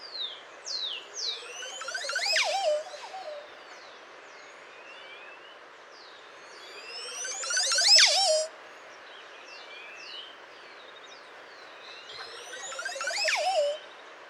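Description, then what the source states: Montezuma oropendola song: three loud gurgling, bubbly bursts about five seconds apart. Several Montezuma oropendolas singing, recorded in Costa Rica; song described as crazy bubbly noises, an undulatory gurgle ascending in pitch.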